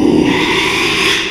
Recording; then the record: squeal of a Yucatan mini pig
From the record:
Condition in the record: after surgery on the right vocal fold (resection and tissue-engineered implant); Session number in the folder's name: 1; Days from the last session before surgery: 6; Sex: male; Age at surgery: 12 weeks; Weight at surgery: 13 kg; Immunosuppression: cyclosporine, prednisolone